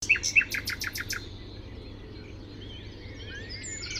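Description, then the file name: Common nightingale song: a fast burst of several loud, clipped notes in the first second or so, then fainter high notes over low background noise. "Luscinia megarhynchos"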